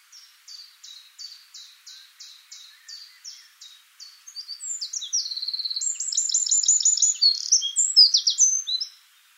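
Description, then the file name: Eurasian wren song: a run of evenly spaced high ticking notes, about three per second, then a rapid outburst of shrill trills and warbled phrases. "Troglodytes troglodytes"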